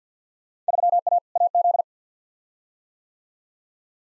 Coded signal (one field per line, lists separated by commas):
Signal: Morse code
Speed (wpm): 50 wpm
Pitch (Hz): 700 Hz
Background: none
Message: 3A AZ